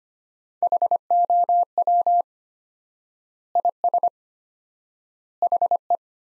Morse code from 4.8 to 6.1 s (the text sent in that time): HE